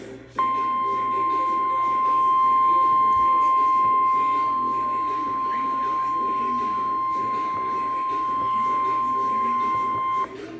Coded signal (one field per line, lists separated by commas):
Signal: Emergency Alert System (SAME) tones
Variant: 1050 Hz attention tone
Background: speech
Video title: EAS #85 Tornado Warning